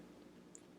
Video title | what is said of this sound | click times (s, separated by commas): Kollage square interchangeable knitting needles - dishcloth knit - Finish it Friday - #RelaxAndCraft | I heard a click I don't know alright that seems together let's | 0.5 s